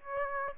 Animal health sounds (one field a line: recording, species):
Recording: mosquito wingbeat signal from an infrared sensor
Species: Aedes aegypti